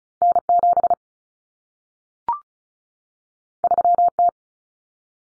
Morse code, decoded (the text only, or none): N7 3T